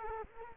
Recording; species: mosquito wingbeat signal from an infrared sensor; Culex quinquefasciatus